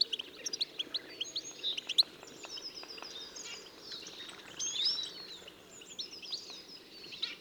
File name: Carduelis carduelis